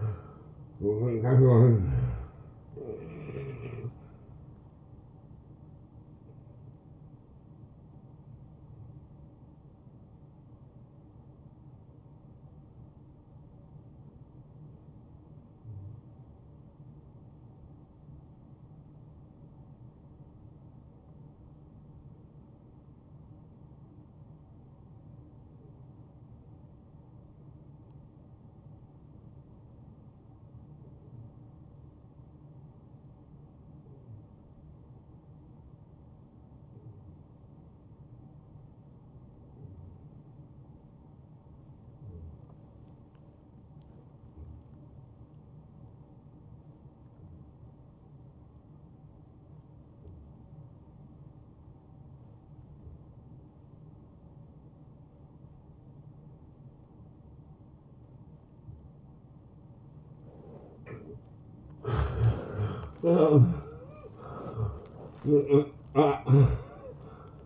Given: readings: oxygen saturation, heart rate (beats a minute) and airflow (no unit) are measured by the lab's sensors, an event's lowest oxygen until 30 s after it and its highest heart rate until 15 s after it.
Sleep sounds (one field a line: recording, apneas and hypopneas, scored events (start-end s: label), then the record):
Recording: breathing in sleep by a smartphone at the bedside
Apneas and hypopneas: 1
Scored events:
3.00-67.46 s: new sleep stage, N1 (lightest sleep)
13.00-59.90 s: obstructive apnea (N1, oxygen 93% highest, then 84% lowest, heart rate 66 at the start, 81 highest)
From the record:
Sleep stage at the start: N2 (light sleep)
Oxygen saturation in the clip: 88 to 93%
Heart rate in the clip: 58 to 79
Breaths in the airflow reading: 6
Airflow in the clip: -10.5 to 7.8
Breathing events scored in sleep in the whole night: 263 in 5.5 hours asleep